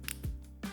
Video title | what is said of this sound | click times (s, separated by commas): HORAGE Autark K2 Small Seconds – Watch Manual | You'll hear those clicks. Each click is a 1mm adjustment. | 0.1 s, 0.6 s